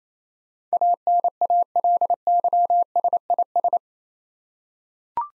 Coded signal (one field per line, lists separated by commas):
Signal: Morse code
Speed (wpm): 27 wpm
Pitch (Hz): 700 Hz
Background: none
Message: ANALYSIS